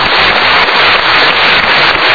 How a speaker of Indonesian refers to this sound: So, sahabat-sahabat saya yang baik hatinya, yuk kita berikan tepuk tangan untuk mereka.